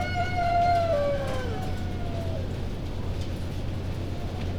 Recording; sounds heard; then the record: poultry house recording; healthy chickens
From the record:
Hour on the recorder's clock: 2